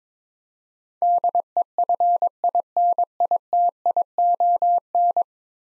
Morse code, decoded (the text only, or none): DEFINITION